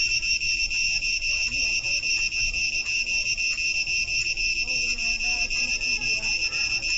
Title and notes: Awful Cicadas. Siem Reap, Angkor Wat, Cambodia